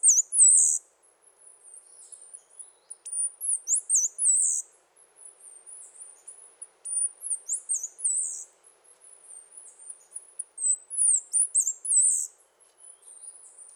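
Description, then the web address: Bird song of very high-pitched, squeaky twittering phrases, repeated in bursts about every three to four seconds. Song and calls of birds in a Costa Rican cloud forest. "Birds of the Costa Rican Cloud Forest"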